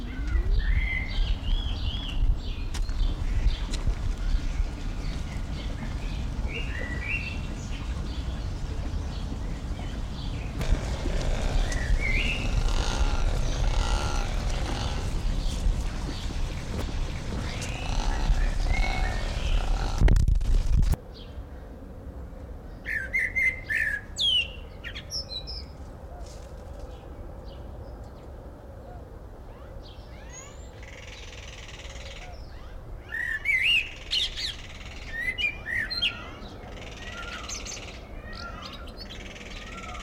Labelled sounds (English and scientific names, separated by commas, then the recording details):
Common Blackbird (Turdus merula)
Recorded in captivity
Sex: male
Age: adult
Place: Zoo Dresden, Sachsen, DE
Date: 1993-05-17
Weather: heiter, 25 °C
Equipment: Marantz CP 430, Sennheiser ME 80, Kopie Uher Variocord 263
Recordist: Tembrock, Günter